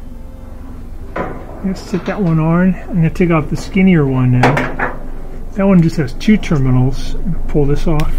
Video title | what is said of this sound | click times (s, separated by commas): Gas Dryer Not Drying? LET’S FIX IT! | that on as far as it'll go until it basically until it clicks | 1.2 s